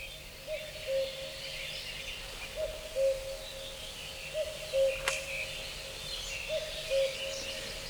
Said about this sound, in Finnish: Tämä on tietystikin käkikoiras, joka pitää kukkuessaan pyrstöään hieman koholla ja riiputtaa siipiään.